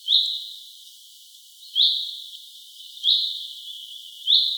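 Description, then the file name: Common chaffinch calling with brief bright downslurred notes, four in a row spaced over a second apart, little else audible. "Fringilla coelebs"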